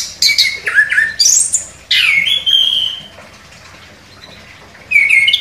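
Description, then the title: Orange-headed thrush giving a few high, slurred whistled phrases with descending and rising notes. A quiet gap follows, then one more whistled phrase at the end. Indonesian title describes the bird as gacor, singing vigorously. "Anis Kembang Gacor"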